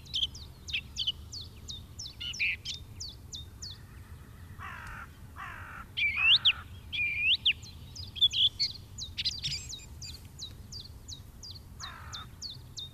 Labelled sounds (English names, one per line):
Song Thrush song